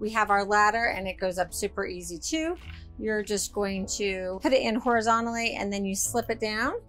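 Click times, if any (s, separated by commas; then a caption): none. A bunk ladder in a 2025 Holiday Rambler Admiral Class A gas RV is put in horizontally and then slipped down toward the overhead bunk rail while someone talks over background music. Nothing has seated or clicked yet; the clip ends just before the ladder locks into place.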